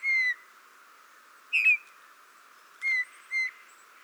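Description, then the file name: Eurasian bullfinch calls: four mellow, gently descending piped whistles, the second slightly rougher, spaced about half a second to over a second apart. "Pyrrhula pyrrhula"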